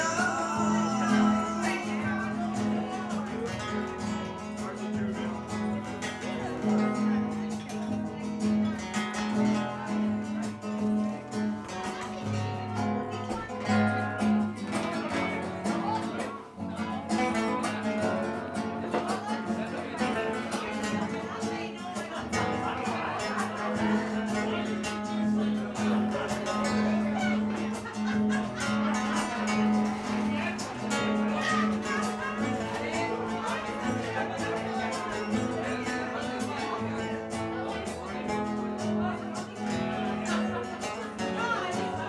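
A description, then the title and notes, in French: Two musicians play live in a small Spanish restaurant, the music dense and steady for the whole stretch, with a held low note returning in phrases early on and again past the middle. Diners' voices blend underneath, constant, with a brief lull near sixteen seconds. L'ambiance d'un restaurant espagnol… à Londres ! Un petit restaurant espagnol à proximité du métro Fulham Broadway, en plein Londres… Une soirée amicale, et deux très bons musiciens. Le Nagra Ares M2 posé sur la table et toute l’ambiance est là.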